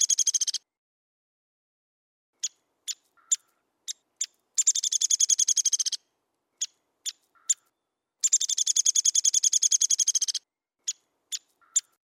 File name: suara burung pelatuk downy omkicau